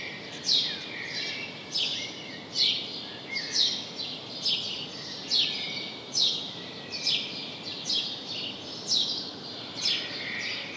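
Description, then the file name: House sparrow calling with repeated harsh cheep notes, about one a second, unevenly timed, over steady background noise. "Passer domesticus"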